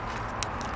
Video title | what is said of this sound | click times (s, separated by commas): 2007 SUZUKI GSXR 600 LOW BEAM HID KIT INSTALL | right here like that make sure it clicks and snaps | 0.4 s